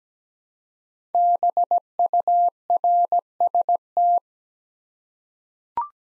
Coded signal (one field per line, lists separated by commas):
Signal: Morse code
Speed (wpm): 17 wpm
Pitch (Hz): 700 Hz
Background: none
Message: BURST